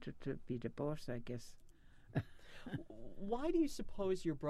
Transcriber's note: she laughs